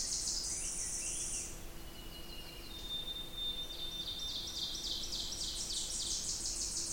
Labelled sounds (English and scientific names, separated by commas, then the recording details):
Ovenbird (Seiurus aurocapilla) song
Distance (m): 50 m
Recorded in boreal forest in Alberta, Canada, on 20 June 2016 at 06:41
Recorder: SongMeter 3, array SBT-6-81
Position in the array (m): 5 m, 287 m
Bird 26